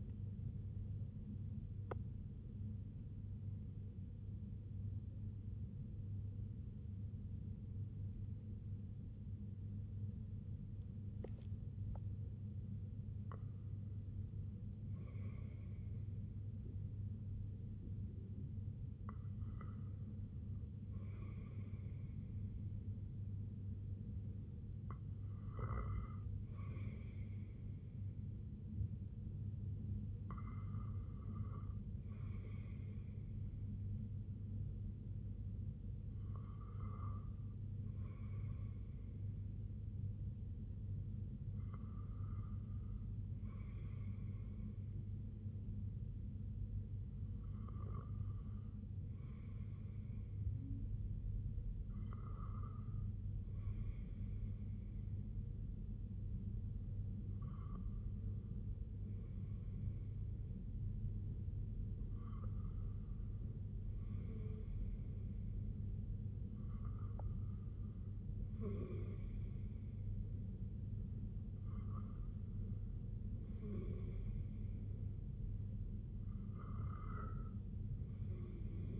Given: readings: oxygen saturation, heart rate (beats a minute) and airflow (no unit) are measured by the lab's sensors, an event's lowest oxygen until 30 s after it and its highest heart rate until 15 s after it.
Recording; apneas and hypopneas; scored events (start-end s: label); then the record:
breathing in sleep by a smartphone at the bedside; 1
3.00-33.00 s: new sleep stage, N1 (lightest sleep)
4.00-21.60 s: hypopnea (N1, oxygen 97% highest, then 93% lowest, heart rate 77 at the start, 77 highest)
33.00-79.00 s: new sleep stage, REM sleep
From the record:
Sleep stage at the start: REM sleep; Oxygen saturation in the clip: 93 to 98%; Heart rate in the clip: 60 to 90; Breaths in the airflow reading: 14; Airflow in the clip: -6.8 to 4.1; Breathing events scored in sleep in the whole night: 258 in 7.4 hours asleep